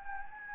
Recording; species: mosquito wingbeat signal from an infrared sensor; Anopheles gambiae